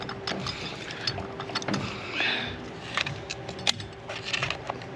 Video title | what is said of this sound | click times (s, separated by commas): Will they ever approve this Transmission Overhaul? | there you go I heard the click | 3.7 s